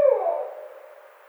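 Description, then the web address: Barred owl hoot, a low note that starts loud and slides down, trailing off into a fading tail. Recorded 29 May 2009. "Barred Owl 2009 05 29 Barred Owl 03"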